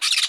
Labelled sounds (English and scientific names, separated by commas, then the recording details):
Brown-throated Parakeet (Eupsittula pertinax) contact call
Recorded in Margarita
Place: San Francisco, near stadium
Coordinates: 11.018, -64.294